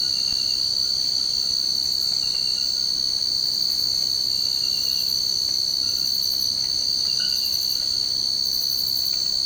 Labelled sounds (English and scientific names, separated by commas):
none